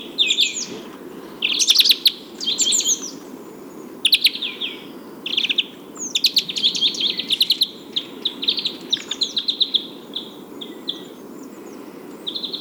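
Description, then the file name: European greenfinch twittering: bursts of rapid, trilled chirps and short buzzy rattles, repeated in quick phrases with brief pauses, over a steady low background hum. "Chloris chloris"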